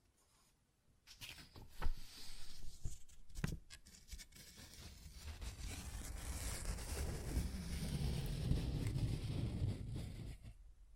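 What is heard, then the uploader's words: Paper being ripped and torn: after a second of quiet come several sharp crackles and snaps over the next few seconds. These give way to a long, dense tearing sound that builds steadily, gains a rougher low rumble near the end, then stops abruptly. ASMR Paper Ripping Tearing Sounds (No Talking).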